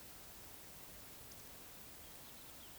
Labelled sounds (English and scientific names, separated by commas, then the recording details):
Eurasian Woodcock (Scolopax rusticola) whistle
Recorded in Baden-Württemberg, Germany, on 31 May 2021 at 20:05 UTC
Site 24606, 635 m above sea level